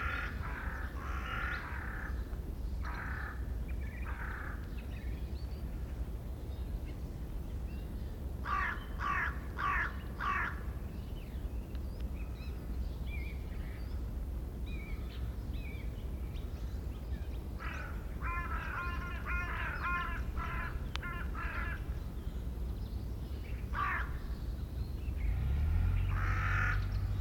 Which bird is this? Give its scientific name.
Corvus cornix